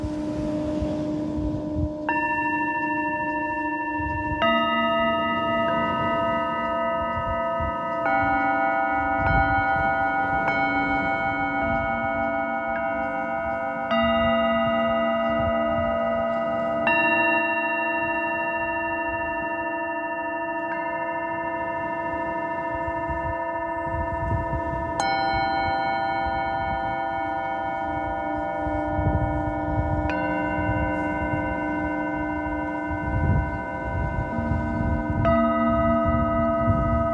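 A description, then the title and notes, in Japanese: Tibetan singing bowls are struck every few seconds, each strike adding a new ringing tone that hangs on and overlaps the others in a steady shimmering chord. A low, uneven rumble like surf moves underneath throughout. メキシコから シンギングボウルのサウンドヒーリング。月夜の海辺で奏でるシンギングボウル。チベタンシンギングボウル。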